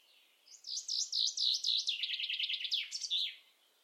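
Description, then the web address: Common chaffinch song: a bright, three-second phrase of repeated sweet notes that speed up and step down in pitch, ending in a quick flourish. "Deverinetal"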